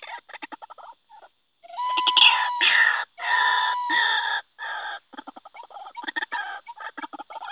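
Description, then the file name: White-breasted waterhen calls: rapid staccato clucks, then several long rough croaking bursts, returning to fast repeated clucking notes. Call recording used as a lure (pikat). "suara ruak ruak pikat. omkicau"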